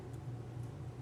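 Needle-nose pliers press a metal keychain ring or clasp into a sublimated MDF keychain blank. Only a steady low hum is heard, with no sharp sounds. Nothing has seated or clicked yet.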